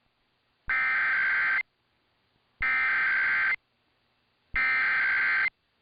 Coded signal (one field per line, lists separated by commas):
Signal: Emergency Alert System (SAME) tones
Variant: header bursts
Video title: [EAS #1838-#1844] Day 1 of Required Monthly Test Week